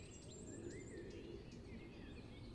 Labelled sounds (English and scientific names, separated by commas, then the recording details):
Eurasian Blackcap (Sylvia atricapilla)
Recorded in Germany
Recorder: ecoPi